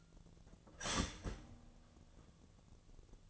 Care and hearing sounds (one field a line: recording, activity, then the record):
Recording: daily activity, microphone in the room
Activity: start toaster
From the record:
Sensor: 4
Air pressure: 1001.1 hPa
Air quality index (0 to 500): 151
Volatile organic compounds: 2 ppm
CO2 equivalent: 1110 ppm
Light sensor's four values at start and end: 19/45/19/20 and 19/45/19/20